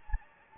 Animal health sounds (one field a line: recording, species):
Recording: mosquito wingbeat signal from an infrared sensor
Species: Anopheles gambiae